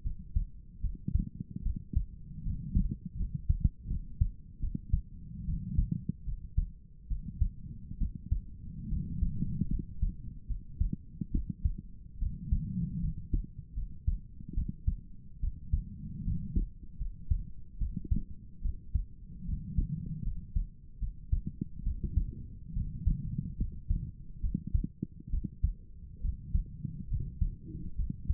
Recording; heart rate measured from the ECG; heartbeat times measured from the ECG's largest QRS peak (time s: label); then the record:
heart sounds by stethoscope; 73 bpm
0.04 s: heartbeat
0.82 s: heartbeat
1.63 s: heartbeat
2.44 s: heartbeat
3.17 s: heartbeat
3.88 s: heartbeat
4.61 s: heartbeat
5.46 s: heartbeat
6.26 s: heartbeat
7.09 s: heartbeat
7.99 s: heartbeat
8.90 s: heartbeat
9.70 s: heartbeat
10.48 s: heartbeat
11.32 s: heartbeat
12.20 s: heartbeat
13.01 s: heartbeat
13.75 s: heartbeat
14.55 s: heartbeat
15.41 s: heartbeat
16.25 s: heartbeat
16.99 s: heartbeat
17.79 s: heartbeat
18.63 s: heartbeat
19.46 s: heartbeat
20.24 s: heartbeat
21.00 s: heartbeat
21.84 s: heartbeat
22.74 s: heartbeat
23.58 s: heartbeat
24.42 s: heartbeat
25.31 s: heartbeat
26.22 s: heartbeat
27.09 s: heartbeat
27.97 s: heartbeat
From the record:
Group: healthy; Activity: rest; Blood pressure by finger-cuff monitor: 120/56 mmHg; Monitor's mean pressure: 75 mmHg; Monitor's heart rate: 73 bpm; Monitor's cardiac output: 7.6 L/min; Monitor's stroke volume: 103 mL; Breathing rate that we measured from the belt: 18 breaths a minute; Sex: female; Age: 22 years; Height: 160 cm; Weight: 63 kg